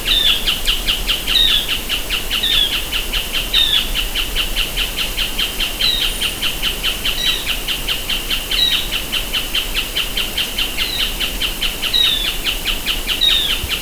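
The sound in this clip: Bird calls, a short high downslurred note repeated every second or two over a dense, steady ticking pulse and constant background hiss.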